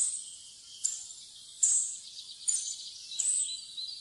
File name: graa fluesnapper